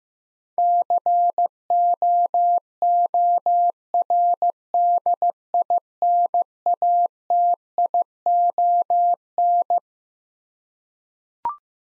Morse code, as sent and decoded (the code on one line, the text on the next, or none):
-.-. --- --- .-. -.. .. -. .- - .. --- -.
COORDINATION